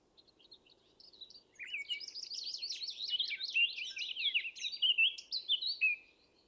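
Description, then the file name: Eurasian blackcap song, a fast scratchy warble of varied chirps and twittering notes. "Sylvia atricapilla"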